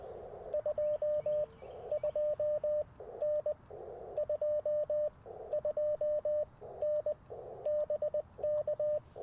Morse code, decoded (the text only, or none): 22N 22N BK